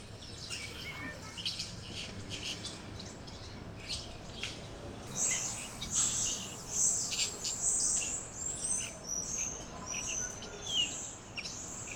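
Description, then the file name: Birds chirping: faint, sparse high notes at first, then livelier overlapping chirps and whistles from several birds in the second half. Several birds chirping in a tree. "freelibras birds-chirping-on-a-tree"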